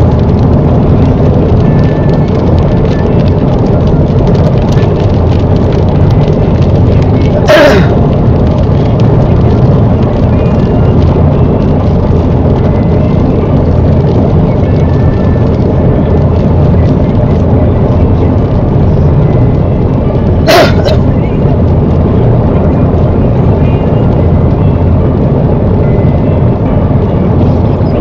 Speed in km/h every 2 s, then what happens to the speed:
106, 106, 105, 103, 103, 105, 105, 105, 105, 103, 105, 105, 106, 106.
0-28 steady at about 105.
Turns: none.